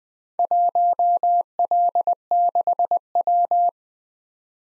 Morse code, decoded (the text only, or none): 1L6W